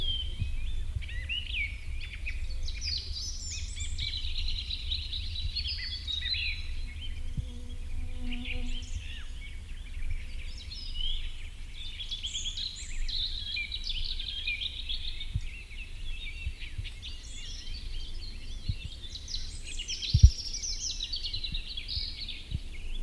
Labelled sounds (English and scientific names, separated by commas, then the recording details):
Eurasian Woodcock (Scolopax rusticola) call
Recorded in the wild
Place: Blumenholz, Mecklenburg-Vorpommern, DE
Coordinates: 53.426, 13.171
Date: 1982-05-24
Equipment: Nagra III BH, Sennheiser MD 21
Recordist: Schubert, Michael